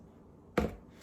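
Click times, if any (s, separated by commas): 0.6 s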